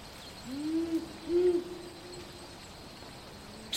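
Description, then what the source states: Powerful Owl, a single slow double hoot: a low note rising into a slightly higher second note, then quiet hiss and a brief click at the end. Hooting at night in city bushland.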